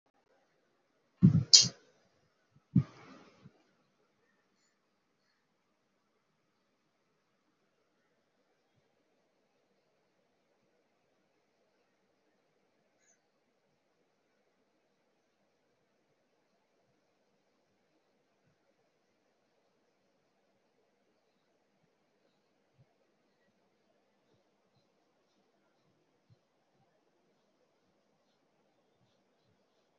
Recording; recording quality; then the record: shallow breathing; excellent, no background noise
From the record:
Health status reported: healthy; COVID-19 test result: negative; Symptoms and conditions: cough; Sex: female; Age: 44 years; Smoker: not ticked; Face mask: not worn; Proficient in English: yes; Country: India